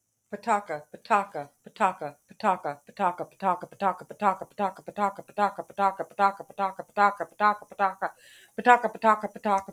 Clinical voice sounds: repeated syllables /pa ta ka/; female; 40 to 49 years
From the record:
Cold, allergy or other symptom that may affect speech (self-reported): no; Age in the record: 45 years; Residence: Georgia, United States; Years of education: 16

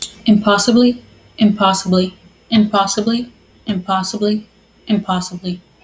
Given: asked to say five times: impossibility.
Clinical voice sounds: repeated word; female; 20 to 29 years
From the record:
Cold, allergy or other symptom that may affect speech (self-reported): no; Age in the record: 24 years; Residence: Texas, United States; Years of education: 12

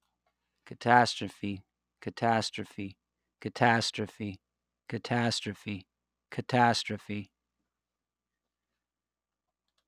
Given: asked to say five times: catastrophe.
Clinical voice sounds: repeated word; male; 40 to 49 years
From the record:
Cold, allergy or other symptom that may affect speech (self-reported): no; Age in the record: 48 years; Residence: Pennsylvania, United States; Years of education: 16

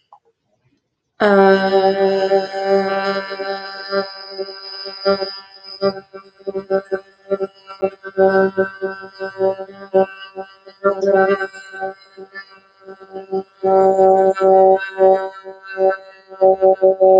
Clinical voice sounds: vowel held as long as possible; female; 20 to 29 years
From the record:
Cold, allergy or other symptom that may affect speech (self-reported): no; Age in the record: 24 years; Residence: Montana, United States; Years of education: 12

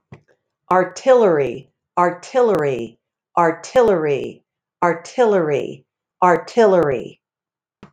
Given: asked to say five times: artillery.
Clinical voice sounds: repeated word; female; 50 to 59 years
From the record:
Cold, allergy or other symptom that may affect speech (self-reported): no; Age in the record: 55 years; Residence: Delaware, United States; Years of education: 16

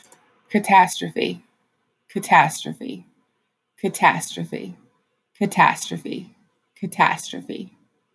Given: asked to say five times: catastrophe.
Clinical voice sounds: repeated word; female; 30 to 39 years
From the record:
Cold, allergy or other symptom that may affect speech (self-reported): no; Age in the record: 33 years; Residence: Illinois, United States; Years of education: 16

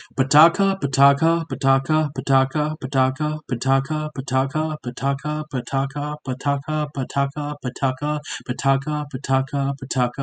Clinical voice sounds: repeated syllables /pa ta ka/; male; 20 to 29 years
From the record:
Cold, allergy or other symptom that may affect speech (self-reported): no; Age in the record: 21 years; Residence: Michigan, United States

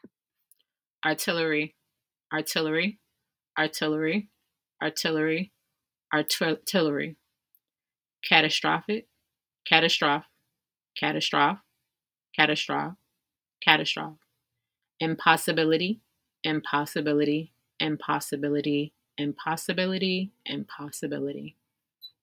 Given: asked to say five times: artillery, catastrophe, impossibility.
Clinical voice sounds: three words, each repeated; female; 20 to 29 years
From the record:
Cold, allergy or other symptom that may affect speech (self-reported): yes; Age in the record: 29 years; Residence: District of Columbia, United States

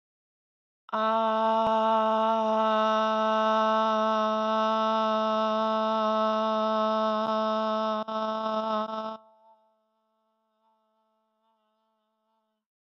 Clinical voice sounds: vowel held as long as possible; female; 20 to 29 years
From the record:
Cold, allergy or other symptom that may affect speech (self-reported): no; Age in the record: 22 years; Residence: California, United States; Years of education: 16

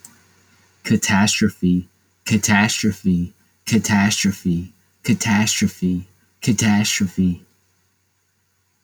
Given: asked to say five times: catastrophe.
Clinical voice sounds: repeated word; male; 20 to 29 years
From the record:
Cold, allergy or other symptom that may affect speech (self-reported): no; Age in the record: 22 years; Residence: Tennessee, United States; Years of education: 14

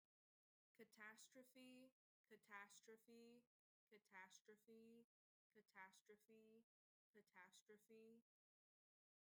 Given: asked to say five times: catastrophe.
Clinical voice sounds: repeated word; female; 20 to 29 years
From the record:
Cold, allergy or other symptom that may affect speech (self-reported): no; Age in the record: 23 years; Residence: Indiana, United States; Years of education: 13

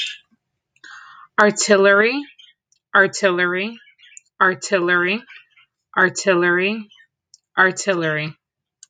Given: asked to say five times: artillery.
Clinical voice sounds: repeated word; female; 30 to 39 years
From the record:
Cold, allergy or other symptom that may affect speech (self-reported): no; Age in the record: 34 years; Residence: Pennsylvania, United States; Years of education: 14

